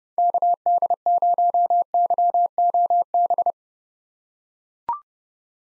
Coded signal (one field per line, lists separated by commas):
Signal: Morse code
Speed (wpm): 32 wpm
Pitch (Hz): 700 Hz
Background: none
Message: KD0YOB